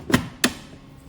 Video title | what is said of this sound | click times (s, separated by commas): Wincode 2 Line Thermal Pencetakan di PC menggunakan Aplikasi Winlabel | Pastikan ditutup sampai dengan bunyi klik teman-teman ya. Kiri dan kanannya teman-teman. | 0.1 s, 0.4 s